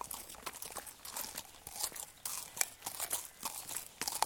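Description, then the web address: Horse hooves squelching and crunching in wet mud as it walks. Horses walking on a muddy track. "Sound Effects-BBC Horses Walking"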